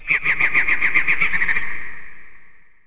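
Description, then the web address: Penguin braying in a rapid pulsed series of harsh nasal notes, weakening and trailing off into a fading tail. "EARTH. PENGUIN"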